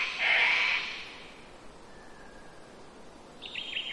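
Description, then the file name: Cockatoo call, one loud harsh screech at the start, then quieter wind noise and a short burst of high chirping near the end. Rainforest ambience with wind in trees and birds, mainly cockatoos close by, early spring, Queensland, Australia. "zapsplat nature rainforest ambience wind trees birds mainly cockatoos close by early spring qld australia"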